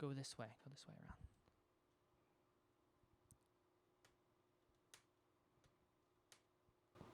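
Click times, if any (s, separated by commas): 3.3 s, 4.9 s, 6.3 s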